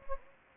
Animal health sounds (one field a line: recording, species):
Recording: mosquito wingbeat signal from an infrared sensor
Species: Anopheles gambiae